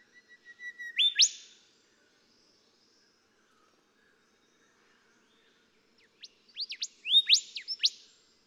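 Golden whistler song: rising whistled notes ending in a whipcrack, then after a pause a jumbled phrase of sweeping whistles with sharp upslurs.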